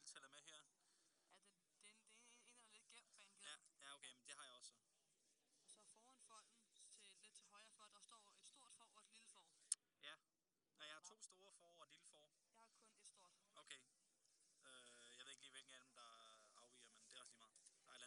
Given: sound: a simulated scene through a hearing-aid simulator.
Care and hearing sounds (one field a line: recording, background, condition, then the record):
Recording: conversation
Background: quiet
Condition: 55 dB SPL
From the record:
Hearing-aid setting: III (slow-acting compression, loudness normalization, advanced features for about 2.5 dB of SNR improvement)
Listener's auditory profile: A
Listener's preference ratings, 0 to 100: 68, 47, 73